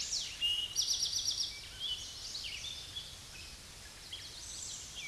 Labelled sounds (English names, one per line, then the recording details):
Eastern Towhee song
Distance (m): 15 m
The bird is about 5 m above the microphone
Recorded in a Pennsylvania forest on 16 May 2024 at 08:02
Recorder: AudioMoth, point MSD-2074
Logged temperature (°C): 16.3 °C
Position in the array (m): 183 m, 196 m